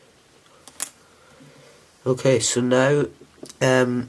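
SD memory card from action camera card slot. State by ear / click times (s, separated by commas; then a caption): released / 0.8 s. An SD memory card in an action camera's card slot is pushed in again to release its push-push latch and pops out. A faint tick at 0.7 s is followed by a sharper click at 0.8 s as the card releases. Afterward someone talks.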